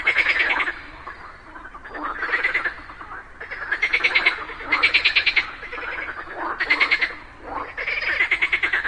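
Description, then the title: Frog chorus with sharp pulsed rattling croaks in repeated bursts from several frogs. A group of frogs calling together in chorus just after daytime rain. "Just after it rained during the day, a group of frogs happily cooperated perfectly, creating a symphony of nature."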